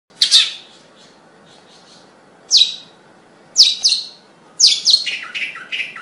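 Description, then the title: Bird singing: a few loud, high chirps separated by pauses, ending in a rapid string of falling notes, with a soft steady hiss behind. "Kicau Burung"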